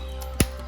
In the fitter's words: clicks right in let's see so this figure has one action button on it